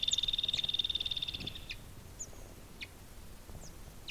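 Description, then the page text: Andean flicker giving a quick series of high ringing notes for about a second and a half, followed by a few faint, scattered chirps. "Joseph Tobias and Nathalie Seddon - Андский шилоклювый дятел (Colaptes rupicola)"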